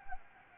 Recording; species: mosquito wingbeat signal from an infrared sensor; Anopheles gambiae